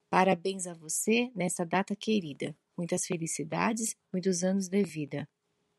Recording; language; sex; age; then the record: short text; Brazilian Portuguese; female; 40 to 49 years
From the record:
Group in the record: control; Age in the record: 45 years